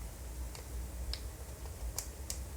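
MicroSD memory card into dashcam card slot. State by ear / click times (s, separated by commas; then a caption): seated / 2.3 s. A microSD memory card is pushed into the card slot of a Talkcom TC-9910 MX dashcam. A few faint ticks sound at about 0.6, 1.1 and 2.0 s before a sharp click at 2.3 s. At that click the card latches and is seated in the slot.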